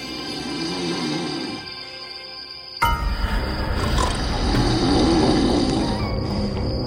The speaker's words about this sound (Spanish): Yo roncaba muy fuerte.